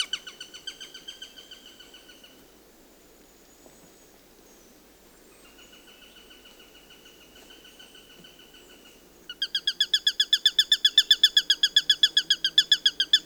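Eurasian sparrowhawk with a fading chatter of kek notes, a faint quiet series in the middle, then a loud, fast, harsh kekking run at the end.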